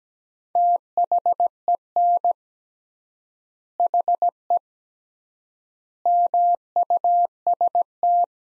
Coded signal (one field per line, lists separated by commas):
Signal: Morse code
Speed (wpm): 17 wpm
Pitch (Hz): 700 Hz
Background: none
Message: THEN HE MUST